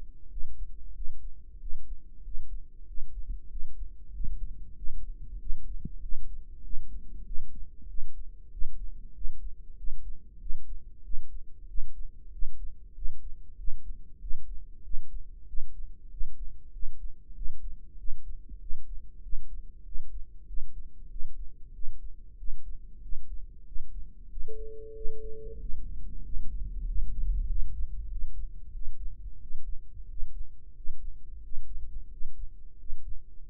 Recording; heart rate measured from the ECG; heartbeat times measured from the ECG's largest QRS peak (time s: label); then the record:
heart sounds by microphone in the right ear; 94 bpm
0.32 s: heartbeat
0.96 s: heartbeat
1.62 s: heartbeat
2.26 s: heartbeat
2.89 s: heartbeat
3.51 s: heartbeat
4.15 s: heartbeat
4.78 s: heartbeat
5.41 s: heartbeat
6.03 s: heartbeat
6.65 s: heartbeat
7.27 s: heartbeat
7.90 s: heartbeat
8.53 s: heartbeat
9.16 s: heartbeat
9.78 s: heartbeat
10.41 s: heartbeat
11.05 s: heartbeat
11.69 s: heartbeat
12.33 s: heartbeat
12.96 s: heartbeat
13.59 s: heartbeat
14.22 s: heartbeat
14.85 s: heartbeat
15.49 s: heartbeat
16.12 s: heartbeat
16.74 s: heartbeat
17.36 s: heartbeat
17.99 s: heartbeat
18.62 s: heartbeat
19.24 s: heartbeat
19.86 s: heartbeat
20.48 s: heartbeat
21.11 s: heartbeat
21.75 s: heartbeat
22.39 s: heartbeat
23.03 s: heartbeat
23.67 s: heartbeat
24.31 s: heartbeat
24.96 s: heartbeat
25.61 s: heartbeat
26.25 s: heartbeat
26.87 s: heartbeat
27.49 s: heartbeat
28.10 s: heartbeat
28.74 s: heartbeat
29.42 s: heartbeat
30.10 s: heartbeat
30.76 s: heartbeat
31.44 s: heartbeat
32.11 s: heartbeat
32.79 s: heartbeat
33.47 s: heartbeat
From the record:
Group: healthy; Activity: rest 0-25 s, breath hold 25-34 s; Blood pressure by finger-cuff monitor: 128/69 mmHg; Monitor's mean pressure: 86 mmHg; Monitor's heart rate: 95 bpm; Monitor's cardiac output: 8.2 L/min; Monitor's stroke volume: 86 mL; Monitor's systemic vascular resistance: 780 dyn s/cm5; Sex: male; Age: 21 years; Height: 175 cm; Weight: 72.6 kg